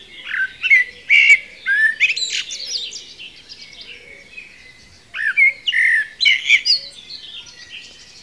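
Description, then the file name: Common blackbird giving two bursts of warbled whistles mixed with high scratchy twitters, separated by a quiet pause of about two seconds. "Turdus merula"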